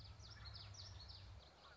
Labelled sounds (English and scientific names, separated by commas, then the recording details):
Common Yellowthroat (Geothlypis trichas)
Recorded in Sonoma County, California